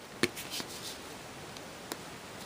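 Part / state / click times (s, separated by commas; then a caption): card front flap hooking into the opposite card panel / seated / 0.2 s. The front flap of a folded paper greeting card with a layered fancy fold is closed so its cut-paper hook interlocks with the opposite panel. A sharp little click at 0.2 s shows the flap is hooked in place. Soft paper rustles follow, then a fainter tick near 1.9 s.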